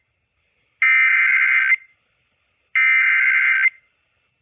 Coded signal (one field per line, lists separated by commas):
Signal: Emergency Alert System (SAME) tones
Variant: header bursts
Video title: Evening Storms & Classic Midlands | EAS Alerts from July 21, 2022 (EAS#703-738)